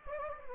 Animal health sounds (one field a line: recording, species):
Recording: mosquito wingbeat signal from an infrared sensor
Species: Anopheles gambiae